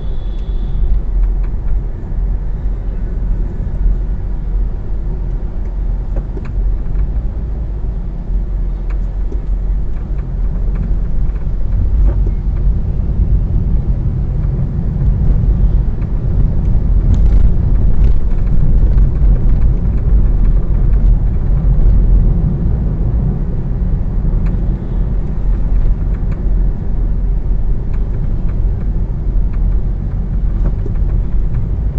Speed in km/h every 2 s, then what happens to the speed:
40, 38, 37, 38, 38, 35, 37, 43, 42, 43, 44, 46, 46, 40, 38, 38.
0-24 speeds up to 46. 24-27 slows to 38.